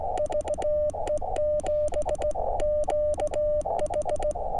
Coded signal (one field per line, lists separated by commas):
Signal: Morse code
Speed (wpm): 17 wpm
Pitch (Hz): 600 Hz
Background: radio noise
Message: VE7QH